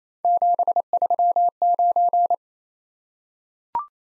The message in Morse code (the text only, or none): 739